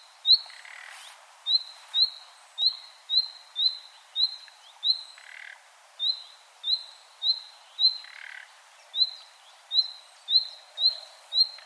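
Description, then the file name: Common nightingale sending out fast repeated upslurred whistles, with occasional harsh rasping notes breaking the rhythm. "Luscinia megarhynchos"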